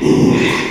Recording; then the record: squeal of a Yucatan mini pig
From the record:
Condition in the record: after surgery on the right vocal fold (resection and tissue-engineered implant); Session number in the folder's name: 1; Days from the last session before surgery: 6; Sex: male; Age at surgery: 12 weeks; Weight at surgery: 13 kg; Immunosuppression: cyclosporine, prednisolone